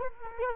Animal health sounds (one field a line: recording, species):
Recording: mosquito wingbeat signal from an infrared sensor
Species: Culex quinquefasciatus